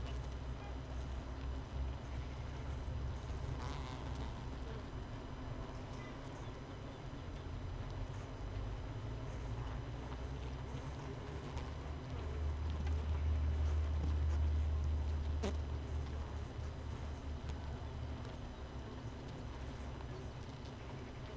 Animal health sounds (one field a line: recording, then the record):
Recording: honeybee colony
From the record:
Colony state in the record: missing queen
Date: 31 May 2018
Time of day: 5:34